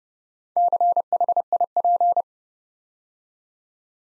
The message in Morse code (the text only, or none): CHIP